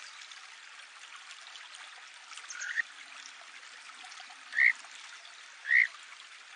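Kajika frog giving three short whistled notes, spaced one to two seconds apart, against the constant rush of flowing water.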